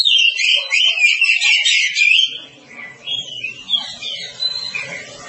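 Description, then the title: Oriental magpie-robin song: a loud, continuous stream of whistled, slurred notes for about two seconds, then softer phrases over a low hum. "Kacer"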